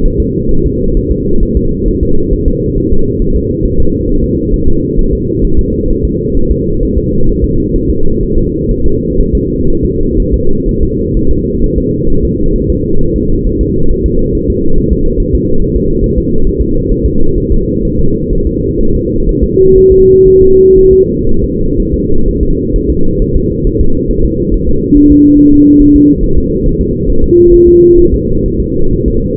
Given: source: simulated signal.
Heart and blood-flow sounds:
fetal heart sounds
0.06 s: S1
0.20 s: S2
0.51 s: S1
0.66 s: S2
0.97 s: S1
1.12 s: S2
1.43 s: S1
1.57 s: S2
1.88 s: S1
2.03 s: S2
2.33 s: S1
2.48 s: S2
2.78 s: S1
2.92 s: S2
3.22 s: S1
3.36 s: S2
3.66 s: S1
3.80 s: S2
4.09 s: S1
4.24 s: S2
4.54 s: S1
4.68 s: S2
4.99 s: S1
5.13 s: S2
5.45 s: S1
5.59 s: S2
5.91 s: S1
6.05 s: S2
6.37 s: S1
6.51 s: S2
6.83 s: S1
6.98 s: S2
7.29 s: S1
7.44 s: S2
7.76 s: S1
7.90 s: S2
8.23 s: S1
8.38 s: S2
8.71 s: S1
8.86 s: S2
9.20 s: S1
9.35 s: S2
9.70 s: S1
9.85 s: S2
10.20 s: S1
10.34 s: S2
10.69 s: S1
10.83 s: S2
11.17 s: S1
11.31 s: S2
11.64 s: S1
11.78 s: S2
12.10 s: S1
12.25 s: S2
12.56 s: S1
12.70 s: S2
13.01 s: S1
13.16 s: S2
13.47 s: S1
13.61 s: S2
13.91 s: S1
14.06 s: S2
14.35 s: S1
14.50 s: S2
14.78 s: S1
14.93 s: S2
15.20 s: S1
15.35 s: S2
15.62 s: S1
15.76 s: S2
16.04 s: S1
16.18 s: S2
16.47 s: S1
16.62 s: S2
16.92 s: S1
17.06 s: S2
17.38 s: S1
17.52 s: S2
17.85 s: S1
17.99 s: S2
18.33 s: S1
18.47 s: S2
18.81 s: S1
18.95 s: S2
19.29 s: S1
19.44 s: S2
19.78 s: S1
19.92 s: S2
20.28 s: S1
20.42 s: S2
20.78 s: S1
20.93 s: S2
21.29 s: S1
21.44 s: S2
21.80 s: S1
21.94 s: S2
22.28 s: S1
22.43 s: S2
22.76 s: S1
22.90 s: S2
23.22 s: S1
23.36 s: S2
23.67 s: S1
23.81 s: S2
24.11 s: S1
24.25 s: S2
24.54 s: S1
24.69 s: S2
24.97 s: S1
25.12 s: S2
25.39 s: S1
25.54 s: S2
25.81 s: S1
25.96 s: S2
26.24 s: S1
26.38 s: S2
26.66 s: S1
26.81 s: S2
27.09 s: S1
27.24 s: S2
27.54 s: S1
27.68 s: S2
27.99 s: S1
28.14 s: S2
28.46 s: S1
28.60 s: S2
28.93 s: S1
29.08 s: S2
From the record:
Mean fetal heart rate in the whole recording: 130 bpm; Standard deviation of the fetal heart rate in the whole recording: 4 bpm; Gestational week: 38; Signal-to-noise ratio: -19.1 dB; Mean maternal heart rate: 72 bpm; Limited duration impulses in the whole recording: present

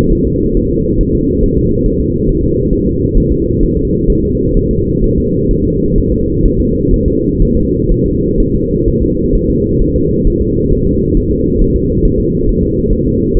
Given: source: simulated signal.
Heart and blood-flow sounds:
fetal heart sounds
0.12 s: S1
0.27 s: S2
0.57 s: S1
0.71 s: S2
1.01 s: S1
1.15 s: S2
1.44 s: S1
1.58 s: S2
1.86 s: S1
2.00 s: S2
2.29 s: S1
2.43 s: S2
2.73 s: S1
2.87 s: S2
3.18 s: S1
3.32 s: S2
3.63 s: S1
3.77 s: S2
4.10 s: S1
4.24 s: S2
4.57 s: S1
4.71 s: S2
5.04 s: S1
5.18 s: S2
5.51 s: S1
5.65 s: S2
5.98 s: S1
6.12 s: S2
6.46 s: S1
6.60 s: S2
6.94 s: S1
7.08 s: S2
7.43 s: S1
7.57 s: S2
7.91 s: S1
8.06 s: S2
8.40 s: S1
8.54 s: S2
8.88 s: S1
9.03 s: S2
9.35 s: S1
9.50 s: S2
9.82 s: S1
9.96 s: S2
10.27 s: S1
10.41 s: S2
10.72 s: S1
10.87 s: S2
11.17 s: S1
11.31 s: S2
11.62 s: S1
11.76 s: S2
12.06 s: S1
12.20 s: S2
12.49 s: S1
12.63 s: S2
12.93 s: S1
13.07 s: S2
13.37 s: S1
From the record:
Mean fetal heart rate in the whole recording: 130 bpm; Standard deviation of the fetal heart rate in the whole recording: 4 bpm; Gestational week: 38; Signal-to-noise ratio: -14.7 dB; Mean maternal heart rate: 72 bpm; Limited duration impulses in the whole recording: present

